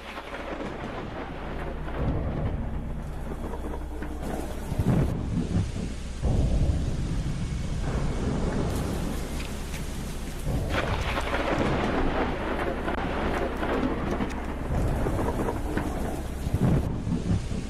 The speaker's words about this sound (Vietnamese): Trên bầu trời, mây đen bắt đầu vần vũ, rồi mưa đổ xuống. Cũng không ai biết ngoài kia sự thể nó ra làm sao, chỉ biết rằng là đêm nay mưa gió sấm sét kinh khủng lắm.